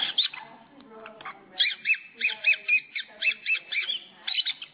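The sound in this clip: Lovebird calling in a rapid run of sharp, high squawks after a burst of mixed chirping.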